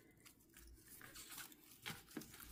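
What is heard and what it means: Two plastic/metal cap bearing halves are handled and pushed together through the center of a crocheted raffia rosette, making soft rustling and scraping with a few brief sharp ticks. Nothing has seated or clicked yet.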